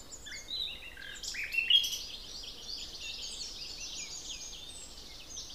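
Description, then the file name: Common nightingale with a loud phrase of sharp notes peaking near two seconds, then quieter twittering blending into a steady high-pitched background chorus. "Luscinia megarhynchos"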